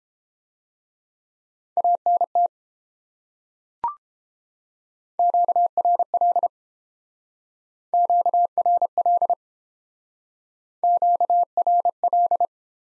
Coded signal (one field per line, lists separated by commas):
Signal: Morse code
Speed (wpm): 29 wpm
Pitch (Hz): 700 Hz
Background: none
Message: ANT QRL QRL QRL